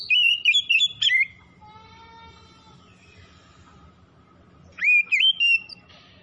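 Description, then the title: Oriental magpie-robin song: two bursts of quick, varied whistled notes separated by a pause with a faint thin tonal sound and low background hum. Singing actively, described as 'gacor' (in full song). "Kacer Tretes"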